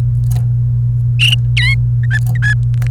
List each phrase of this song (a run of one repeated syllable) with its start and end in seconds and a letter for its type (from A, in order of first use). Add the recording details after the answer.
1.57-1.75 A, 2.04-2.54 B, 2.90-2.91 C. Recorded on 28 April 2018 at 11:21. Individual llb3